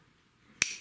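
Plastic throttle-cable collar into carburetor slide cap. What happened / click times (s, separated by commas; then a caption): A small plastic collar snaps into place / 0.6 s. On a two-stroke Husqvarna TE-150 carburetor slide, the spring is turned until the plastic throttle-cable collar's tab drops into the slot of the slide cap, which keeps the throttle cable connected to the slide. After quiet handling noise, a single sharp, bright snap rings out at 0.6 s and fades over the rest of the clip. The collar is seated in the cap.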